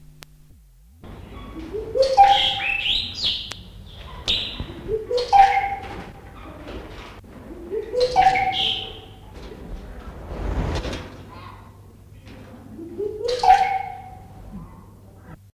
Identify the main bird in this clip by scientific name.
Psarocolius decumanus